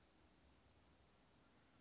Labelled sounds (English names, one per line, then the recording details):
Western Flycatcher
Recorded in Sonoma County, California